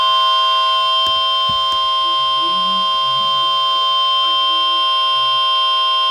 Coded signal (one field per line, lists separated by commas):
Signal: Emergency Alert System (SAME) tones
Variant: 1050 Hz attention tone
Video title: Special Marine Warning (EAS #60)